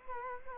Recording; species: mosquito wingbeat signal from an infrared sensor; Culex quinquefasciatus